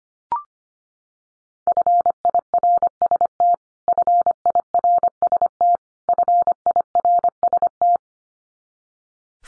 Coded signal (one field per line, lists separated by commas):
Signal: Morse code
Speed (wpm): 25 wpm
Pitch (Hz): 700 Hz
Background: none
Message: FIRST FIRST FIRST